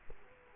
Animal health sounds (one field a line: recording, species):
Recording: mosquito wingbeat signal from an infrared sensor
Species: Culex quinquefasciatus